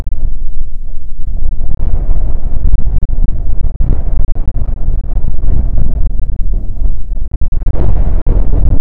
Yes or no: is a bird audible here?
no